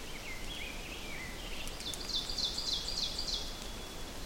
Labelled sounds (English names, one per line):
Ovenbird song